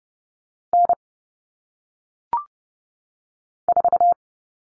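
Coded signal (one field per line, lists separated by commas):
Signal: Morse code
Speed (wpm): 30 wpm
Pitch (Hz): 700 Hz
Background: none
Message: N4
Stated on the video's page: Morse code practice of common single-digit cut numbers at 30 wpm, with T, A, N standing for 0, 1, 9, each sent, spoken, then sent again.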